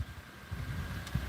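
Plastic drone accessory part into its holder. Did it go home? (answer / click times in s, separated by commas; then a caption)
no / none. A plastic drone accessory part from a Mavic Air 2S unboxing is pushed toward its holder in an attempt to snap it into place. Low, rumbling handling noise continues throughout, with a faint brief hiss near 1.1 s. The part does not snap in, and nothing has seated or clicked yet.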